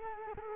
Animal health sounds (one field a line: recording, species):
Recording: mosquito wingbeat signal from an infrared sensor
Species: Culex quinquefasciatus